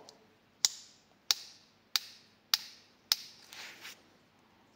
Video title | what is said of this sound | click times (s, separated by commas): INGCO CDLI205582E Aku Šrafilica 55 Nm _ Da li je dobar izbor ?#ingco #tools#diy | Den har klickljud vid åtdragning. | 0.6 s, 1.3 s, 2.0 s, 2.5 s, 3.1 s